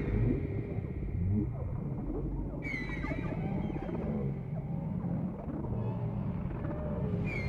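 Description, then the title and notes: Whale song: long high whistled notes, some gliding and wavering, over low pulsing moans and a constant deep background rumble. Whale sounds presented without music. "WHALE SOUNDS, WHITE NOISES. WHALE SOUNDS WITHOUT MUSIC"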